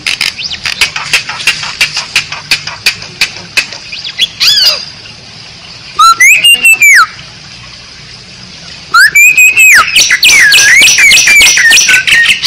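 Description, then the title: Bali myna producing rapid dry clicks, then loud swooping whistles that rise and fall, followed by a warbling, chattering phrase. Training recording (masteran) used to teach other songbirds for competition, featuring an unusual-sounding song. "Masteran Jalak Bali Yang BERSUARA UNIK Untuk Gacoran Juara"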